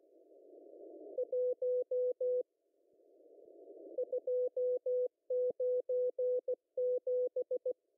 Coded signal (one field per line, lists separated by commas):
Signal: Morse code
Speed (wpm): 16 wpm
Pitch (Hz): 500 Hz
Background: none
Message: 1 297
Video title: M12 5863kHz CW 0030UTC 03/10/2023